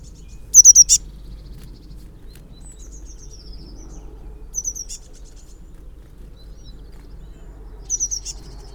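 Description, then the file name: Eurasian blue tit calls: a quick burst of very high thin notes, a softer descending run of notes, then two more short high bursts, over a low steady hum. "Cyanistes caeruleus"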